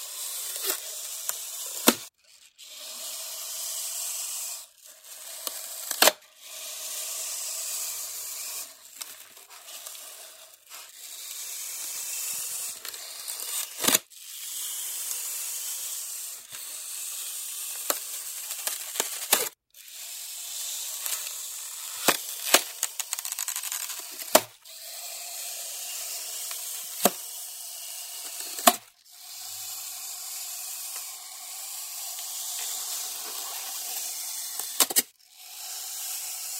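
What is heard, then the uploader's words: Styrofoam being cut in a series of rough, scratchy strokes, each lasting a few seconds with short pauses between. The sound is bright and hissy, with sharp squeaks and snaps marking the starts and ends of strokes. 切保麗龍｜Cutting Styrofoam.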